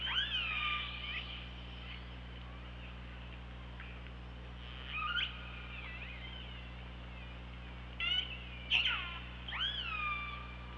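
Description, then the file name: Killer whale calls: several harmonic calls sweeping up and down, with quiet gaps between, over steady low hum. Recorded by OrcaLab hydrophone on 24 August 2017 at 15:21. "Orca Lab 20170824 152105"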